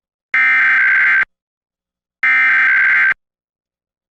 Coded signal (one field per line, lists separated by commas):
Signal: Emergency Alert System (SAME) tones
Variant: header bursts